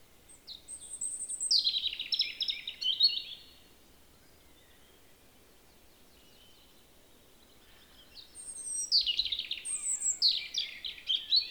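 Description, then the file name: European robin song: two bursts of high, thin, warbling phrases with sliding whistles and trills, separated by several seconds of quiet. "Erithacus rubecula"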